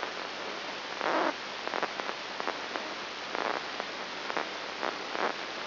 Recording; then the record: brain microelectrode recording played as sound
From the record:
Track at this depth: inside the subthalamic nucleus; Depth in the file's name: 3.102 mm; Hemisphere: left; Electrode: 3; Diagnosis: Parkinson's disease